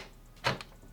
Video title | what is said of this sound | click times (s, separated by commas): How to Build a PC from Scratch - I messed up but I fixed it | it went up and clicked in place, locking the card in place. | 0.6 s